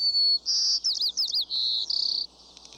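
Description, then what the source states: White-crowned sparrow singing one full phrase: two clear whistles, a run of rapid slurred notes, a lower whistle, then a buzzy trill. Buzzy song, described as 'See me, pretty, pretty me.'.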